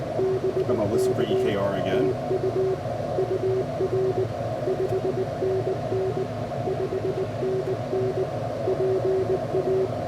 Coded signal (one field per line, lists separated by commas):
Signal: Morse code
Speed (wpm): 19 wpm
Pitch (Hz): 380 Hz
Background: speech, radio noise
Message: BK TU UR 5NN 5NN PA